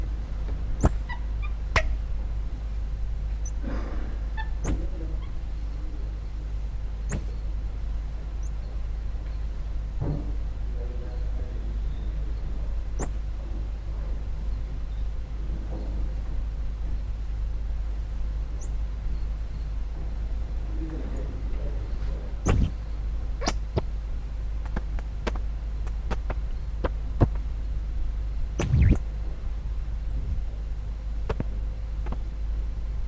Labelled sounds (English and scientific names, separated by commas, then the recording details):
Common Squirrel Monkey (Saimiri sciureus) call
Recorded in captivity
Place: Tierpark Berlin, Berlin, DE
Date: 1961-01-11 13:30
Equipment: Minifon, Kopie Smaragd
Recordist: Tembrock, Günter